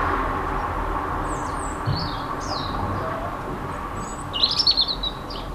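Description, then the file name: European robin singing a few high, squeaky, sliding phrases with gaps between them, then a brighter jumbled burst, against constant low hum. In a city on 28 February 2015; recorded with an MZ-N710 recorder. "Rouge-gorge dans la ville 28 02 15"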